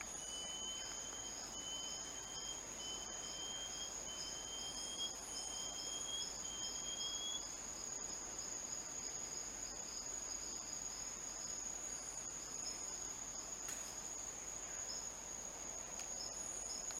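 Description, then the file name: Antthrush song: a slow series of about six clear whistled notes, each slightly higher than the last. A steady, shrill insect drone runs underneath throughout. "Canto da tovaquinha"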